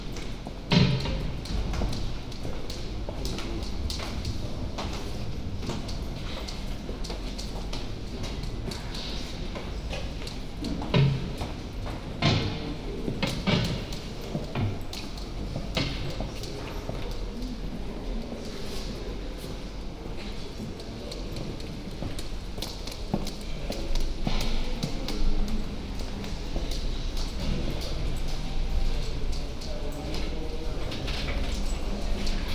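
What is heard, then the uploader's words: Footsteps walk through the University Church of St. Mary the Virgin, steady irregular clicks over a low murmur, with occasional louder knocks and shuffles. Walking inside University Church of St. Mary the Virgin. Down the aisle and into the Nave, back along the north corridor, and out on High Street.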